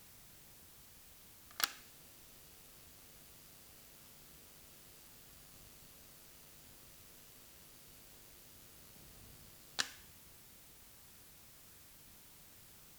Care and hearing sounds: daily activity, guitar pickup as the sensor; operate light

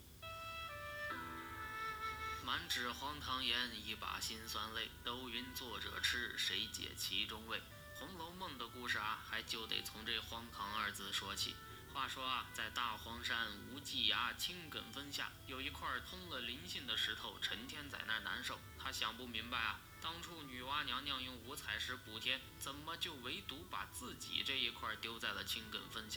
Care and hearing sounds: daily activity, guitar pickup as the sensor; browse video

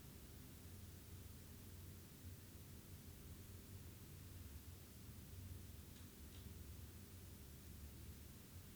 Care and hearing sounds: daily activity, guitar pickup as the sensor; stand

